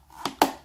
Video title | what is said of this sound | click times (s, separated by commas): Hand Crank Accordion Lantern | locks into place it's pretty firm | 0.4 s